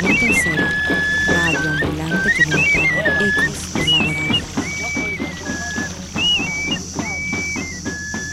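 Small birds chirp in short, high whistled notes that come and go in brief repeated bursts over a steady, rushing hiss of background noise.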